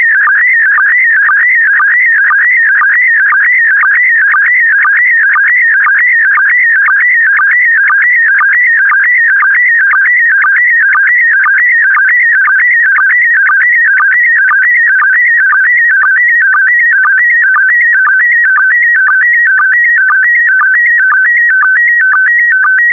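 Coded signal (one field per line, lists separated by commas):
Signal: SSTV (slow-scan television)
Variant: PD120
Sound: continuous warbling tone shifting between pitches, with a short low blip twice a second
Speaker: complete. You can now check your decoded image against the picture that is shown on the video.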